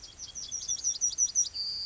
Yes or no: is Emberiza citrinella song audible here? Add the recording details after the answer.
yes. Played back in grassland. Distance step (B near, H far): D. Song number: 149